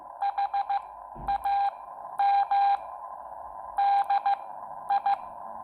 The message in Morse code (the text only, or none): HAM DI